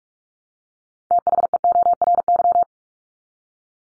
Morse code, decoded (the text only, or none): THEORY